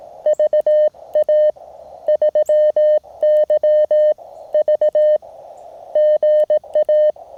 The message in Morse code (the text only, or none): VA3YV GA